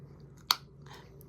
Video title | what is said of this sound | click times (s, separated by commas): Dream smile = dream job!🥳 | hear that snap. That's when you know they're in place and they're secure. | 0.5 s